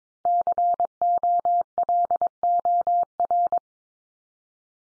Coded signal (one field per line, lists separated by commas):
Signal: Morse code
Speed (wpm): 22 wpm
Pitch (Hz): 700 Hz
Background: none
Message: COLOR